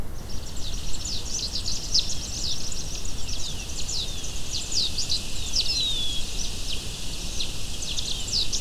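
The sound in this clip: Bird calls: scattered high, sharp chirps and short downslurred whistles throughout, several overlapping, set against a steady hiss.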